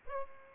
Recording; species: mosquito wingbeat signal from an infrared sensor; Aedes aegypti